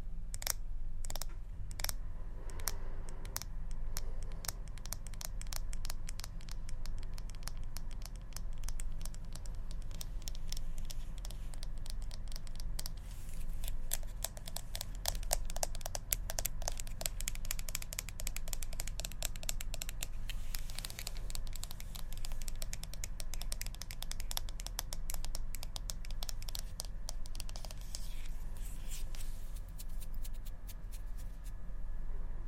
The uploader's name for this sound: ASMR Tapping